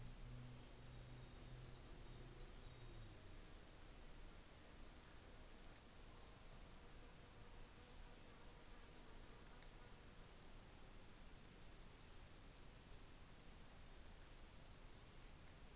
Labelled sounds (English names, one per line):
New Zealand Fantail